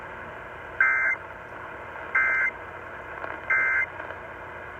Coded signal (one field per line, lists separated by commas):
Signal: Emergency Alert System (SAME) tones